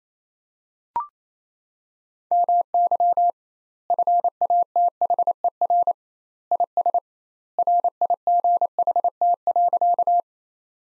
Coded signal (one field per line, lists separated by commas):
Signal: Morse code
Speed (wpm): 28 wpm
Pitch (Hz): 700 Hz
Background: none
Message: MY FATHER IS RIGHT.